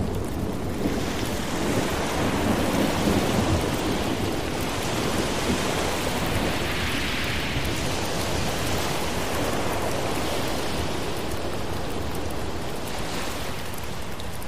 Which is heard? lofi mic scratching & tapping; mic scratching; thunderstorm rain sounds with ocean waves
thunderstorm rain sounds with ocean waves